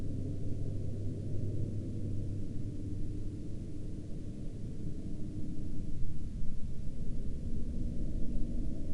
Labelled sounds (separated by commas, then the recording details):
aircraft
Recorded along the Dalton Highway, Alaska, on 13 April 2019 at 16:28
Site 10